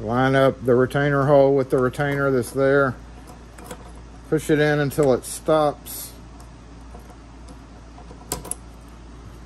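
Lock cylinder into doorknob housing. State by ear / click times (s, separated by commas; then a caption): partly seated / 8.3 s, 8.5 s. Someone talks while a Schlage F Series compressible lock cylinder is pushed into a doorknob housing with the tip of a key, its retainer hole lined up with the retainer. Sharp hits sound at 8.3 s and 8.5 s as the cylinder is pushed past its retainer. The cylinder is pushed in but has not yet clicked home.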